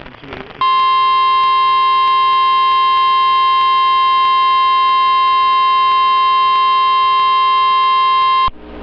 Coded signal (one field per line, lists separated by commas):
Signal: Emergency Alert System (SAME) tones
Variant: 1050 Hz attention tone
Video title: A REAL PAIN OF EVENTS... (1) || EAS Alerts from 07-28-26 (EAS #262-288)